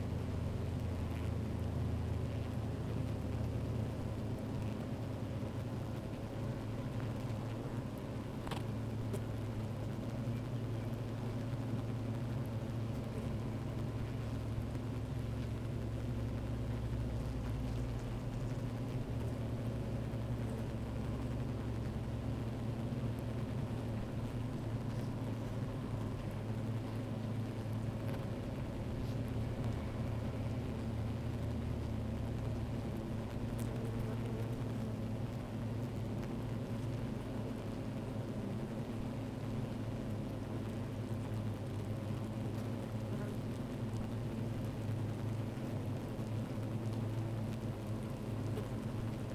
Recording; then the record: honeybee colony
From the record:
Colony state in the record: active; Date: 28 July 2017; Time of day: 12:39